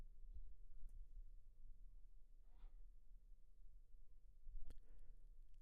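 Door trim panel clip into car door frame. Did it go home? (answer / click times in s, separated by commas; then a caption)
no / none. A plastic interior door trim panel on a 2016-and-up Chevy Malibu is lined up against the metal door so it can be struck with the fist to click its retaining clips into the door frame. Over a low steady hum there is faint handling and one quiet hit late in the clip, around 4.7 s, with nothing following it. Nothing has seated or clicked in yet.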